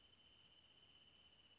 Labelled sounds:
Wrentit
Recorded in Sonoma County, California

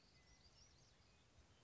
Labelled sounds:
Western Meadowlark
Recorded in Sonoma County, California

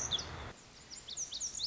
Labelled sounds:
Lazuli Bunting
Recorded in Sonoma County, California

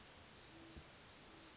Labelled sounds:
Great Horned Owl
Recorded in Sonoma County, California

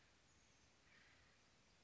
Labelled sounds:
Acorn Woodpecker
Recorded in Sonoma County, California

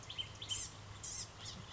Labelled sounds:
Blue-gray Gnatcatcher
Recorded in Sonoma County, California

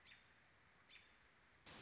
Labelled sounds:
American Robin
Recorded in Sonoma County, California

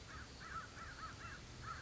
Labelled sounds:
American Crow
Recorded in Sonoma County, California

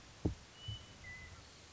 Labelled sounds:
Western Meadowlark
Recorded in Sonoma County, California

